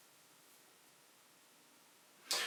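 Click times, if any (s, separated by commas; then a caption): 2.3 s. A quick-release watch strap is fitted to the lugs of a Garmin Descent Mk1 dive computer watch case. A faint steady hiss runs through the clip until the strap's spring latch snaps shut with one sharp, bright click at 2.3 s. The strap is seated securely.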